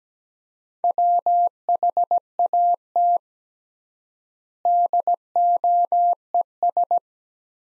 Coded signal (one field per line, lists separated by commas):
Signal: Morse code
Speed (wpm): 17 wpm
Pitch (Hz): 700 Hz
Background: none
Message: WHAT DOES